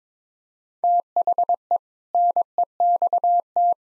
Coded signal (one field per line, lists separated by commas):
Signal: Morse code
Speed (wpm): 22 wpm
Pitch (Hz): 700 Hz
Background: none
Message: THE NEXT